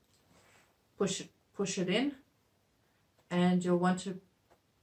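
A microSD card is pushed, letters facing the user, into the plastic card slot of a GoPro Hero 5 action camera while someone talks in short bursts. The card has not seated or clicked into the slot yet.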